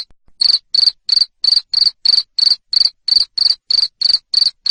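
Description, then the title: Cricket giving loud, high trilled chirps that repeat evenly about three times a second after a short quiet opening. Loud cricket chirping used to stimulate lovebirds to sing continuously. "Suara JANGKRIK NGERIK Keras Bikin LOVEBIRD Jadi NGEKEK Terus Vubey"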